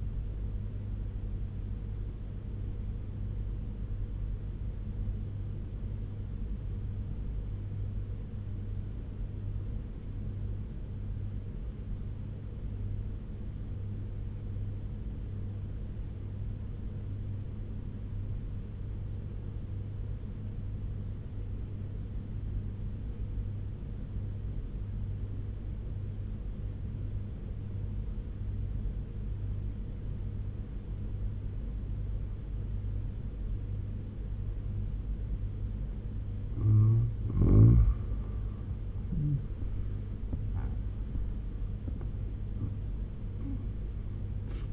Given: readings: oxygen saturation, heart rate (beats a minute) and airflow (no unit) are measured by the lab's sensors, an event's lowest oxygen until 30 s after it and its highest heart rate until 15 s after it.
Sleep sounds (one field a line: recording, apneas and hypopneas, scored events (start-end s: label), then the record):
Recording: breathing in sleep by a smartphone at the bedside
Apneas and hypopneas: 1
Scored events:
3.00-33.00 s: new sleep stage, N1 (lightest sleep)
4.00-37.80 s: obstructive apnea (N1, oxygen 95% highest, then 85% lowest, heart rate 71 at the start, 91 highest)
33.00-44.73 s: new sleep stage, N2 (light sleep)
From the record:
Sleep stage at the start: N2 (light sleep)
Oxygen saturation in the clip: 87 to 95%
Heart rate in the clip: 68 to 91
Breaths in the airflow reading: 2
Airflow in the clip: -10.5 to 11.7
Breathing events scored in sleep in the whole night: 201 in 6.5 hours asleep